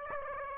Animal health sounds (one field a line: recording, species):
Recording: mosquito wingbeat signal from an infrared sensor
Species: Aedes aegypti